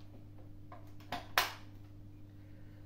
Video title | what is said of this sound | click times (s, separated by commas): ULTENIC AC1 ELITE | Donc, vous enclenchez le réservoir d'eau derrière. | 1.4 s